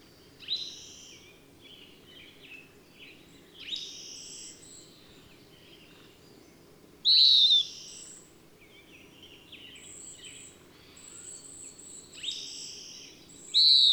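Bird song: several high chirps and warbled phrases, with a loud downslurred whistle near seven seconds and again at the end, over a steady low hum.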